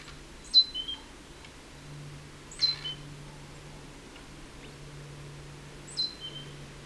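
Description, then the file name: Great tit calls as sparse high notes that slide down, three separate short bursts spread throughout, with a low steady hum underneath. "Parus major"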